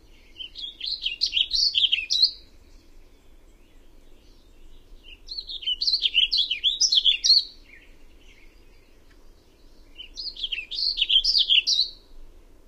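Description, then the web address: Warbling vireo song: three rambling, warbled phrases of quick rising and falling notes, each about two seconds long, coming every five seconds over a faint low background hum. "Songs of Birds of North America Know Your Bird Sounds Common Western Species. Warbling Vireo"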